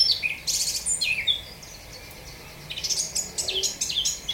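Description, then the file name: Eurasian blackcap song in two bursts of quick, varied warbling notes separated by a short pause. "Sylvia atricapilla"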